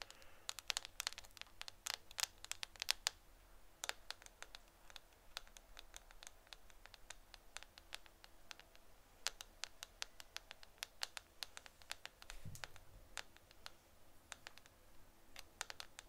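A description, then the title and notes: Light, sharp taps on a camera lens come in irregular clusters throughout, some quick runs of clicks and some isolated ticks, each short and bright. A low, steady hum sits underneath, with a brief dull thump around twelve seconds. ASMR Camera Lens Tapping (No Talking).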